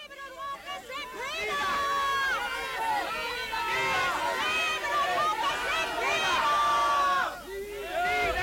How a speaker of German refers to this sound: Gruppe um Gruppe! Zog mit Fahnen und Transparenten, unter Beifall und aufrührerischem Gelärm am spanischen Club vorbei und brüllte herausfordernd.